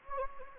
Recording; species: mosquito wingbeat signal from an infrared sensor; Anopheles gambiae